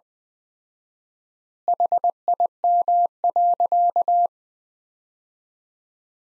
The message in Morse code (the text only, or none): HIM.